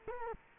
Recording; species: mosquito wingbeat signal from an infrared sensor; Culex quinquefasciatus